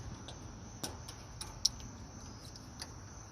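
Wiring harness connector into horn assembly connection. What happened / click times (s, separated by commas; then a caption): The wiring connector clicked home / 1.7 s. A plastic wiring harness connector is pushed back onto the horn assembly connection of a 1964–1966 Mustang with a no-relay horn system, after an earlier uncertain try. Faint small ticks lead up to one sharp click at 1.7 s as it locks in. The connector is seated and no longer pulls out.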